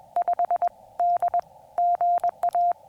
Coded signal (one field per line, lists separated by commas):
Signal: Morse code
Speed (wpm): 22 wpm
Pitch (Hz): 690 Hz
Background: none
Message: 5 D GA